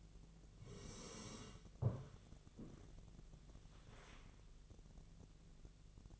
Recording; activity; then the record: daily activity, microphone in the room; sit down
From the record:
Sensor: 4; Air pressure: 1001.2 hPa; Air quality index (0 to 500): 183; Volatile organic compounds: 2 ppm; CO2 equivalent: 1310 ppm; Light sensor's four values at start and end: 15/34/14/14 and 15/34/14/14